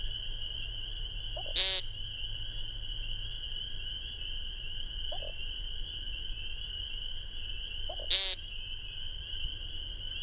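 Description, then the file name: American woodcock giving two loud, buzzy, nasal peent calls about six seconds apart, each preceded by soft low notes, over a steady high drone. Recorded 12 May 2001. "2001-05-12 American Woodcock"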